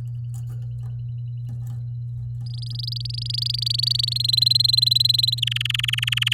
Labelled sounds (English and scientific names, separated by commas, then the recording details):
Domestic Canary (Serinus canaria) song
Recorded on 11 May 2018 at 09:13
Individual llb16